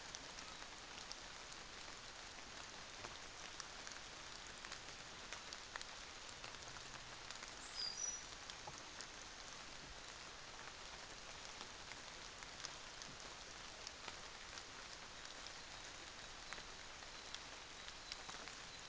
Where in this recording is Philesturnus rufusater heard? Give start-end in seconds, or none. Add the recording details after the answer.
none. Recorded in New Zealand on 24 December 2018. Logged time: 06:00